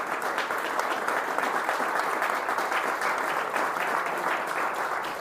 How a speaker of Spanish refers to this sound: Bien, oye, queremos agradecer a todos. Creo que ha sido muy, muy interesante. Primero quiero pedirle un fuerte aplauso para cada uno de los invitados.